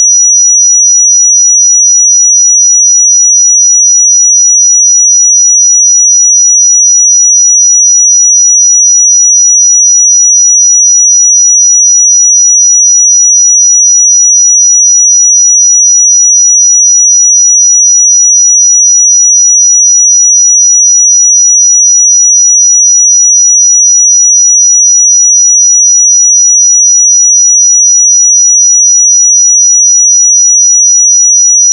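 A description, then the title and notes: A pure sine tone at 5848 Hz sounds without a break for the whole clip. It is high and thin, holding perfectly steady in pitch and loudness, with no other sounds around it. 5848 Hz 1 Hz Interval Sine Pure Tone Frequency 441000 Sample Mono.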